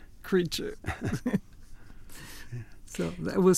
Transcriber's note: soundbite of laughter